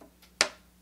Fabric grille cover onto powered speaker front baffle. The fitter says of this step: snap into place do you want to do the second one oh